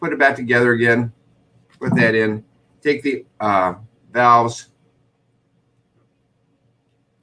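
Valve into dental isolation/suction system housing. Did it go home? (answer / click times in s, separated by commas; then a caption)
no / none. After the dental isolation/suction system has been lubricated and put back together, someone talks while picking up the plastic valves and lining them up before putting them into the housing. Only speech is heard, followed by near silence from about 5 seconds. The valves have not been inserted yet, and nothing has seated or clicked.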